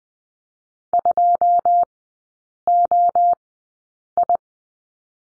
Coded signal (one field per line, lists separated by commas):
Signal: Morse code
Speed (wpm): 20 wpm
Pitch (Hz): 700 Hz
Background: none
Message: 2OI